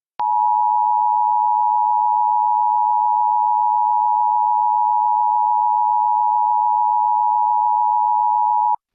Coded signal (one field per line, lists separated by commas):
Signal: Emergency Alert System (SAME) tones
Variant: 853 and 960 Hz attention tone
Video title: Emergency alert system from/01/22/25/